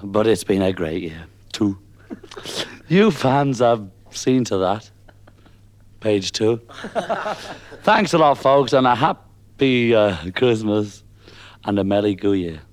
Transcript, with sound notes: But it’s been a great year, too. You fans have seen to that. Page.2. (All laughing) Thanks alot folks and a hap-py, ah, Christmas and a merry goo-year.